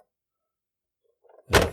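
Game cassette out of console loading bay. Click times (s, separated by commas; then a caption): 1.6 s. A game cassette is ejected from a console's loading bay by pressing the mechanical eject button. After a few faint ticks around 1.3 seconds, the latch releases and the cassette pops up with a sharp, loud snap at 1.6 seconds. It is not a soft eject, so the cassette may need cushioning as it comes out.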